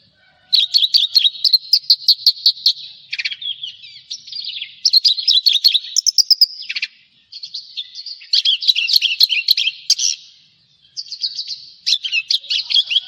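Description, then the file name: Javan bush lark song: loud bursts of crisp, rapid chirps and rattling trills, broken by short silences, with occasional sweeping whistled notes. "suara burung branjangan jawa"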